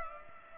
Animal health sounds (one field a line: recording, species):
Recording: mosquito wingbeat signal from an infrared sensor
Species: Culex pipiens